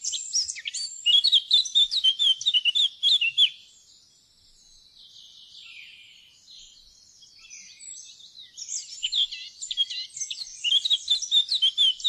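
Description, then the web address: Eurasian blackcap song: a rapid, varied warbling phrase of tumbling notes, a quiet gap with soft twittering, then another rich warbled phrase. "fuglelyder- munk"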